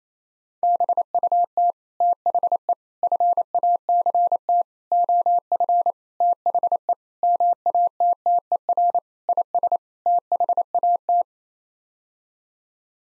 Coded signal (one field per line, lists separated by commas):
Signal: Morse code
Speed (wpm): 28 wpm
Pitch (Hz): 700 Hz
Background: none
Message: BUT THE FACT OF THE MATTER IS THAT